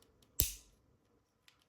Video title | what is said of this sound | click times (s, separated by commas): Checking out Cool Stuff! | and it locks into place. | 0.4 s